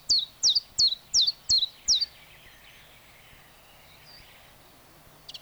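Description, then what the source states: Common Chiffchaff singing six steady, high, down-slurred notes in quick succession, then falling quiet apart from a brief faint note at the very end. Sweden.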